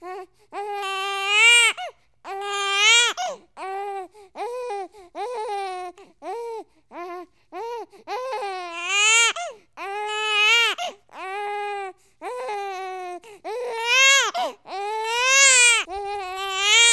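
A baby cries in a steady series of about a dozen high-pitched wails over seventeen seconds, roughly 43 a minute, with brief gasping pauses between them. Some wails rise into shrill, strained peaks. It is ordinary infant crying, a sound effect from The Hollywood Edge sound effects library.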